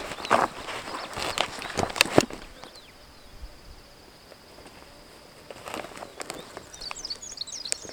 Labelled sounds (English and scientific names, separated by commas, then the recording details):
Superb Starling (Lamprotornis superbus) flight call
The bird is a male
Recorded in Kenya on 19 May 2010
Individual 83, of group SRB1